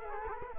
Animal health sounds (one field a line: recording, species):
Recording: mosquito wingbeat signal from an infrared sensor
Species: Culex quinquefasciatus